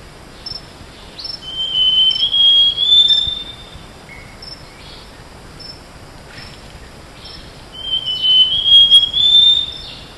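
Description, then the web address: Bird song: two clear whistled phrases, each rising slightly in steps and lasting about two seconds, about six seconds apart, over a steady background hiss. Recorded in tropical Asia. "Birdsongs Site Tropical Asia"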